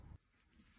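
A latch handle on a County Campervan XL window or hatch is pushed back down toward its closed catch. A loud low rumble of handling fills the first 0.2 seconds, then drops to a quieter, steady broadband hiss. Nothing has clicked or seated yet.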